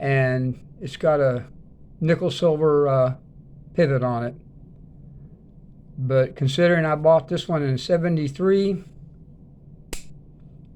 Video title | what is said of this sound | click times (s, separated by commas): my 1st 3 knives, yes I am old! #Western #Sears #Schrade | and you can hear the snap it's got | 9.9 s